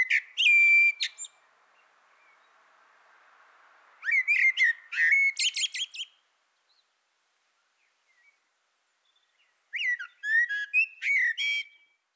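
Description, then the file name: Common blackbird delivering three fluting phrases separated by pauses, with thin squeaky high notes, and a faint soft hiss between the first two. "Turdus merula"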